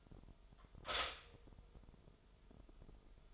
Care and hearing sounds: daily activity, microphone in the room; stop toaster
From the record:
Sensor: 5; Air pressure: 988.7 hPa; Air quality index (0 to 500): 233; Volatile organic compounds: 184 ppm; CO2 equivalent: 4158 ppm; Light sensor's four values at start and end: 40/124/48/51 and 40/124/48/51

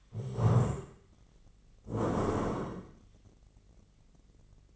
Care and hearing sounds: daily activity, microphone in the room; stand up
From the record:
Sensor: 4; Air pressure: 1013.1 hPa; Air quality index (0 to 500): 174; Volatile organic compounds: 2 ppm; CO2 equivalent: 1097 ppm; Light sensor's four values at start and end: 50/124/52/56 and 50/123/52/56

